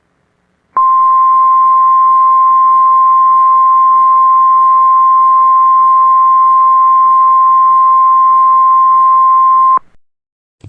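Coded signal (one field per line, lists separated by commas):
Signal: Emergency Alert System (SAME) tones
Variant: 1050 Hz attention tone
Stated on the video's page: Fan-made mock Tornado Emergency alert; not real.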